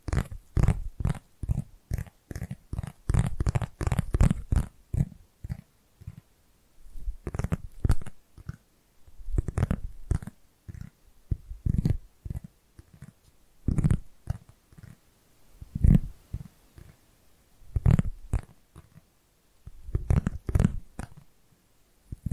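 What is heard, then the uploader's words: Dry tapping fills the clip, a fast drumming burst in the first five seconds, then shorter clusters every couple of seconds. Each tap has a soft, low thump with a light click on top. ASMR Tapping Different Areas of Your Brain 3D Panning Triggers (No Talking).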